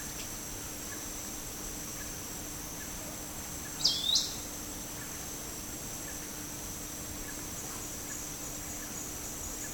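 Forest elaenia call: one sharp, high two-part note near the four-second mark, otherwise steady background hiss with a constant faint hum.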